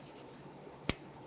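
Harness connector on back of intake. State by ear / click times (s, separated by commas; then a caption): seated / 0.9 s. A wiring harness connector is lined up and pressed onto the back side of the intake manifold on a 1994–2004 Ford Mustang 3.8L V6. After quiet, low background noise, a single sharp click rings out at 0.9 s as the connector snaps into place. The connector is seated.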